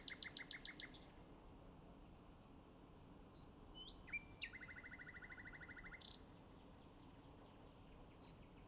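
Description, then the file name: Common nightingale song opening with a quick string of repeated notes, then isolated whistles and a long fast rattle-like trill, with scattered high notes afterward over light hiss. "Luscinia megarhynchos"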